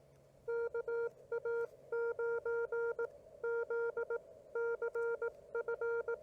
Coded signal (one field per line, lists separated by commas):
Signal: Morse code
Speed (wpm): 19 wpm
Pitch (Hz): 470 Hz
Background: none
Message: KA9ZCF